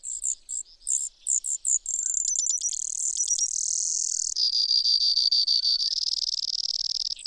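Brewer's sparrow singing: several separate high chips, then an extended chain of rapid trills and buzzy runs that change tempo and pitch without pause.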